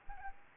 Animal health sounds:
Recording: mosquito wingbeat signal from an infrared sensor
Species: Aedes aegypti

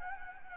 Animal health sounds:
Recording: mosquito wingbeat signal from an infrared sensor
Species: Anopheles gambiae

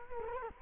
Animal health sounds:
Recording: mosquito wingbeat signal from an infrared sensor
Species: Culex quinquefasciatus

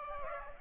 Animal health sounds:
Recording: mosquito wingbeat signal from an infrared sensor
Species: Aedes aegypti

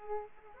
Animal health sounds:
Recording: mosquito wingbeat signal from an infrared sensor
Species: Aedes aegypti

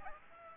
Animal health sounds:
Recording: mosquito wingbeat signal from an infrared sensor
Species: Aedes aegypti

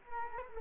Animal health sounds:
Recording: mosquito wingbeat signal from an infrared sensor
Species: Culex quinquefasciatus

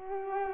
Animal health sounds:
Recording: mosquito wingbeat signal from an infrared sensor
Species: Culex quinquefasciatus

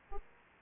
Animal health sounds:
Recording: mosquito wingbeat signal from an infrared sensor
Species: Aedes aegypti

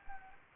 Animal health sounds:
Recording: mosquito wingbeat signal from an infrared sensor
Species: Anopheles gambiae

